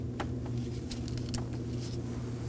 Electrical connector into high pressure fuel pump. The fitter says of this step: Make sure when you do this you hear a click.